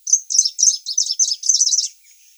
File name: Penochka zelenaja